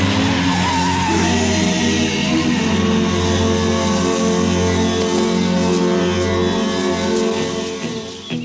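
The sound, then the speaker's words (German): A loud, sustained car sound: an engine roaring steadily with a high, squealing tire screech layered over it for several seconds, fading slightly at the end. “Gut, starte dein Regenbogenauto.”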